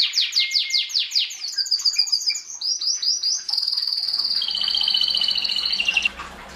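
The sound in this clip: Canary song: rapid descending sweeps repeated in a fast series, then buzzy rolls and a long, steady, high trill sliding to a lower pitch before a pause.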